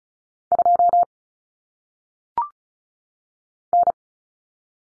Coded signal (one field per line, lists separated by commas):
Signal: Morse code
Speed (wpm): 36 wpm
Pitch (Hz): 700 Hz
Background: none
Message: 2 N